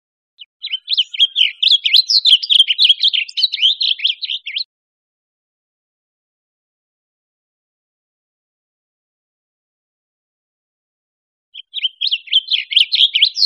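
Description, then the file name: Blue grosbeak song: a long, hurried warble of bright, twisting notes for about four seconds, several seconds of quiet, then another warbling phrase. Recorded in Costa Rica. "CR BLGR"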